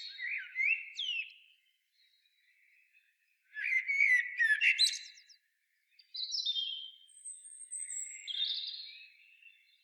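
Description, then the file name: Common blackbird giving three separate phrases with quiet gaps between, each mixing slurred whistles and high squeaky notes. "Turdus merula"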